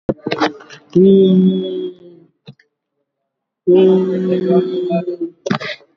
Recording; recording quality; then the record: sustained vowel as in beet; moderate, slight background noise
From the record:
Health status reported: COVID-19 positive, mild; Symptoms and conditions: cough, cold, breathing difficulty, fever, fatigue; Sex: male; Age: 39 years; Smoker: not ticked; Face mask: not worn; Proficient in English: no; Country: India